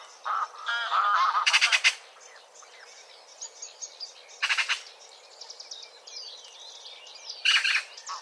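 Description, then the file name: Eurasian magpie calls, harsh rattling chatter bursts repeated about every three seconds, with softer squeaky notes between them. "Pica pica"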